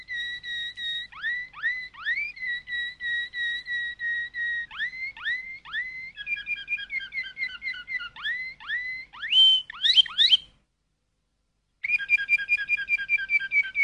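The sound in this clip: Canary singing a varied song of steady whistles, upward-sweeping notes and rapid rattling trills, then a brief pause before another fast trill.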